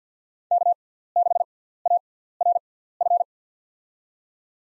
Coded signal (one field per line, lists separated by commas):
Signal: Morse code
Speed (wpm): 50 wpm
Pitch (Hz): 700 Hz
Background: none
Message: K6ARF